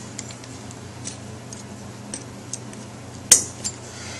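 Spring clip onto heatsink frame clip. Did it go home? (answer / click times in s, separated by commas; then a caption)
yes / 3.3 s. A metal spring clip is pressed over an ATS Super Grip heatsink and hooked onto the plastic frame clip around a BGA chip. Faint light ticks are followed by a sharp, bright click at 3.3 s, with a smaller tick just after. The clip is now in the correct place.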